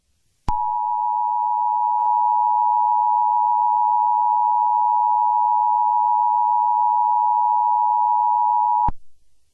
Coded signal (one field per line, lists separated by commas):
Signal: Emergency Alert System (SAME) tones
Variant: 853 and 960 Hz attention tone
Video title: [EAS] Chain Chomp Reaction